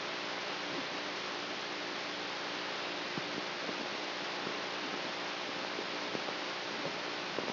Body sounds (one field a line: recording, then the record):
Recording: brain microelectrode recording played as sound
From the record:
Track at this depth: outside the subthalamic nucleus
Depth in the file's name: 0.607 mm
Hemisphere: right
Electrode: 3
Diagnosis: Parkinson's disease